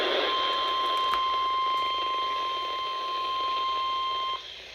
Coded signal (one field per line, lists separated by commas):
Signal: Emergency Alert System (SAME) tones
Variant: 1050 Hz attention tone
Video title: Flood warning (EAS 369)